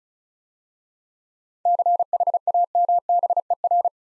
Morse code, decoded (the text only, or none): CHAMBER